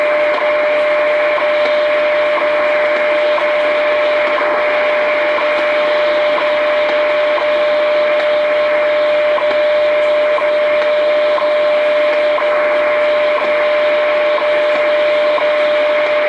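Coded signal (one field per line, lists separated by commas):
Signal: radio time signal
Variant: WWV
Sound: steady mid-pitched tone with a short click-gap every second under hiss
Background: radio static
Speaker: 25 MHz new frequency for WWV in Colorado 23 hours 63 minutes coordinated universal time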